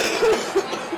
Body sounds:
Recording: coughing mixed with background sound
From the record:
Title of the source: 61 morning phlegmy cough...again

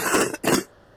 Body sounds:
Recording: coughing mixed with background sound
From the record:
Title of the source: 30 Chesty and wet cough

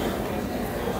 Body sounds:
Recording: background sound without coughing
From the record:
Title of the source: 40 min - Ambience sounds UNIVERSITY lunchroom chatting

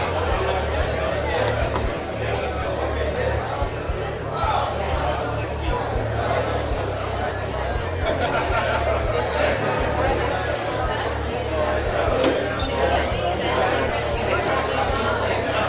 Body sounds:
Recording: background sound without coughing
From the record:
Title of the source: CITY SOUNDS Busy Bar in the Evening Night - 2 HOURS of Ambiance for Relaxation

